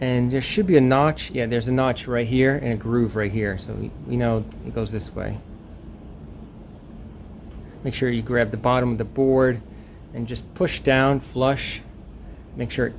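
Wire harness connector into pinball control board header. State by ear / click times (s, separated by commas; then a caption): not seated / none. Someone talks while lining up a wire harness connector with the control board header of a Legends 4KP pinball machine, checking its notch and groove to orient it before pushing it on. There is a quieter pause with faint handling sounds between about 5.5 and 7.8 seconds. The connector has not been pushed on or clicked yet.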